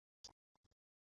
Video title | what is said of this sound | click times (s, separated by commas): How to Set up Your Digi Connect Sensor XRT-M Device | turn the battery holder arm until it clicks and locks the batteries in place | 0.2 s